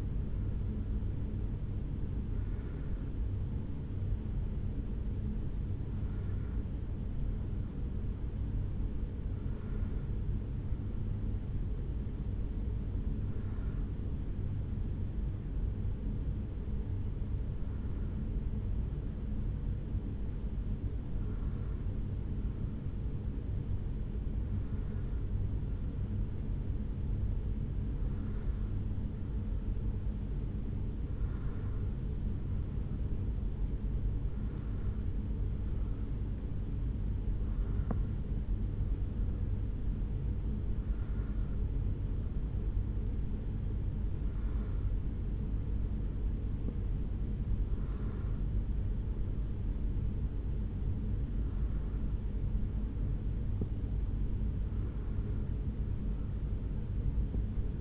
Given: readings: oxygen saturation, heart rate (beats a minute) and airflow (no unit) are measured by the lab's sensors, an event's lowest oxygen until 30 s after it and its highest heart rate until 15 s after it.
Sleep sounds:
a person awake in a sleep study, by a smartphone at the bedside; none
0.00-57.81 s: awake
From the record:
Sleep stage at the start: awake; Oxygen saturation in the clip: 92 to 94%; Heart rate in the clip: 67 to 71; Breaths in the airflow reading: 16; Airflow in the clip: -3.7 to 5.3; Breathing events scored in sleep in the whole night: 449 in 7.0 hours asleep

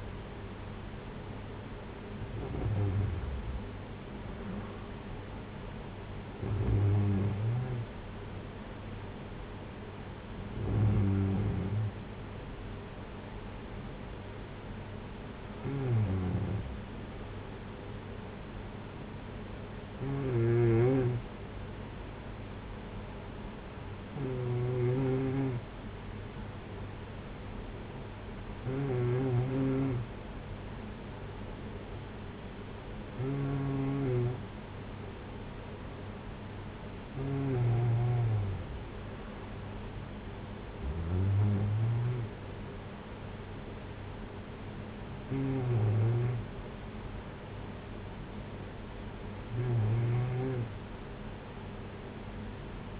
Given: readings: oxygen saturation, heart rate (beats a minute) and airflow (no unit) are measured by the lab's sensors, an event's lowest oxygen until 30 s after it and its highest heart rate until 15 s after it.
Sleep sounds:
breathing in sleep by a voice recorder at the bedside; none
none scored
From the record:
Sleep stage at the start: N2 (light sleep); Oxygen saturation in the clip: 93 to 95%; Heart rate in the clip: 49 to 64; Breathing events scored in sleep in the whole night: 226 in 8.8 hours asleep

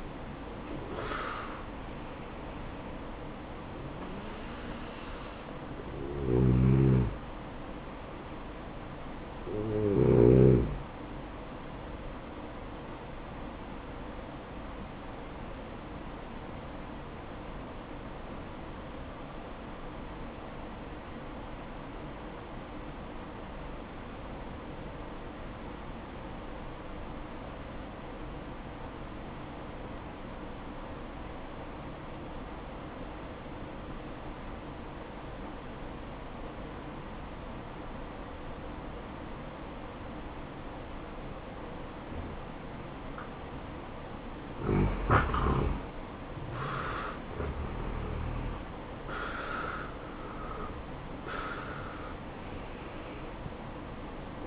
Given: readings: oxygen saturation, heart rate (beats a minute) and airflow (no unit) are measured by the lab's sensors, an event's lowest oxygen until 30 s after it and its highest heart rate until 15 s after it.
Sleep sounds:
breathing in sleep by a voice recorder at the bedside; 1
5.00-54.47 s: new sleep stage, N1 (lightest sleep)
16.00-43.40 s: obstructive apnea (N1, oxygen 96% highest, then 86% lowest, heart rate 58 at the start, 75 highest)
From the record:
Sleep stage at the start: N2 (light sleep); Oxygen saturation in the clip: 87 to 96%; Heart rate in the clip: 56 to 71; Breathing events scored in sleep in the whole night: 573 in 9.8 hours asleep

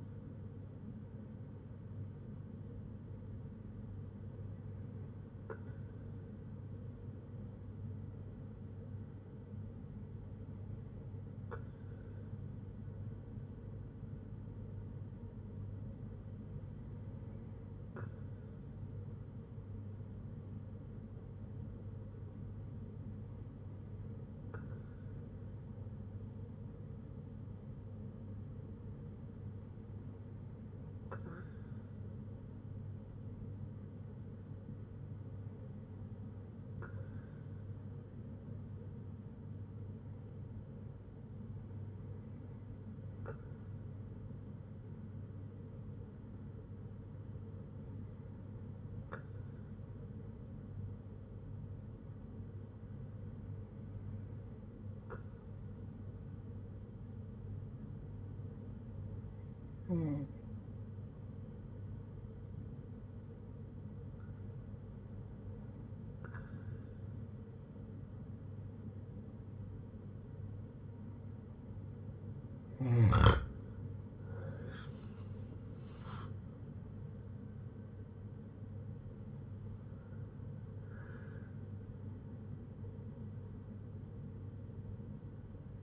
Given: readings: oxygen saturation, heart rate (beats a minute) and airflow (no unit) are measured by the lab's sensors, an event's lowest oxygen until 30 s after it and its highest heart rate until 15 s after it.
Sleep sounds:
breathing in sleep by a smartphone at the bedside; none
63.00-85.83 s: new sleep stage, N1 (lightest sleep)
From the record:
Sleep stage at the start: N2 (light sleep); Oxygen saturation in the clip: 94 to 95%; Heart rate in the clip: 58 to 76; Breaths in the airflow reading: 13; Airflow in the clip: -6.2 to 9.8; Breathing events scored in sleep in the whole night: 182 in 7.4 hours asleep

